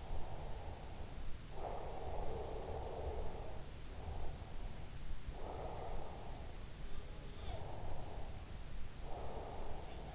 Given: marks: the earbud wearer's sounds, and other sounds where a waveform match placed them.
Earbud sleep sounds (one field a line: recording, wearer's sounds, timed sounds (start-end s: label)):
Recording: sounds in sleep by an in-ear microphone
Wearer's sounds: breath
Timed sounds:
0.00-4.04 s: breath
4.24-6.66 s: breath
6.76-10.15 s: breath
7.24-7.82 s: sound from someone else or the room